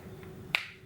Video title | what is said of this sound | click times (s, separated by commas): Everyday Makeup Routine | it clicks so you know it's shut so what I'll do is I'll go in the lid | 0.6 s